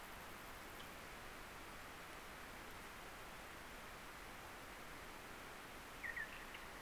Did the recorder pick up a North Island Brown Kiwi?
no